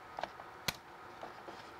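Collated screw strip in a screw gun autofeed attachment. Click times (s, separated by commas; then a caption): 0.7 s. A collated plastic screw strip of 1-5/8 inch screws is slid through the track of the autofeed attachment on a Senco DS300 AC screw gun. A couple of faint ticks come at about 0.2 s, then one sharp click at 0.7 s as the feed indexes the next screw into position. The screw is seated and loaded.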